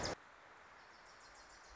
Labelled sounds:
Wilson's Warbler
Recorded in Sonoma County, California

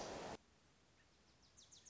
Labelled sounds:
Wilson's Warbler
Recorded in Sonoma County, California

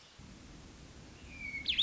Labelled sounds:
Hermit Thrush
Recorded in Sonoma County, California

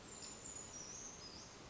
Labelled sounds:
Brown Creeper
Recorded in Sonoma County, California

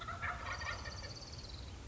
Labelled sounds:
Wild Turkey
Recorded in Sonoma County, California

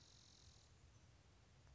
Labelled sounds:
Spotted Towhee
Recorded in Sonoma County, California

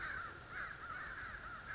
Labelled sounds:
American Crow
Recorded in Sonoma County, California

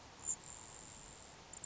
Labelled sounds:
Grasshopper Sparrow
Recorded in Sonoma County, California

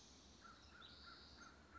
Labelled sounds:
American Crow
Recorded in Sonoma County, California

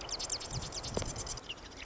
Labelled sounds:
Marsh Wren
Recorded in Sonoma County, California

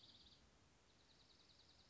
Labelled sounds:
Dark-eyed Junco
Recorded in Sonoma County, California

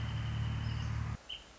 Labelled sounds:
Wrentit
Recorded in Sonoma County, California

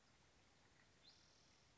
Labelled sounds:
Spotted Towhee
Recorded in Sonoma County, California

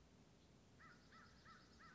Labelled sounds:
American Crow
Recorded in Sonoma County, California

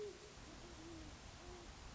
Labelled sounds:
Great Horned Owl
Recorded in Sonoma County, California

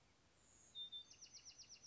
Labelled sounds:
Bewick's Wren
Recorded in Sonoma County, California

